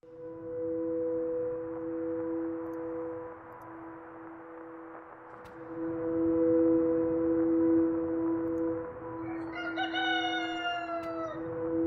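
A rooster crows at dawn with a loud, drawn-out cock-a-doodle-doo near the end, its harsh call rising and falling over a steady, humming tonal drone that runs throughout.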